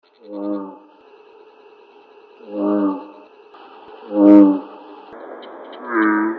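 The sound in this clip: American bullfrog call: four separate low, resonant notes spaced about two seconds apart, with faint noise between them.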